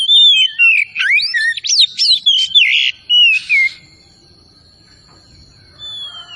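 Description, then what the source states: Oriental magpie-robin giving a quick burst of fluty whistles and harsh buzzy notes for about three seconds, then near quiet with one last whistle. Kacer Tretes type, singing vigorously (gacor).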